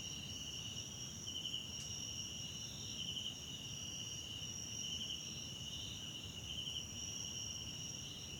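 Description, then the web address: Steady high cricket trilling, with louder pulsed bursts recurring above a low, noisy background. Background chorus of South African crickets recorded at night in a wetland park at Kosi Forest Lodge, South Africa. "Tonschliff - SOUTH AFRICAN CRICKETS BG South Africa Wetland Park Kosi Forest Lodge Night"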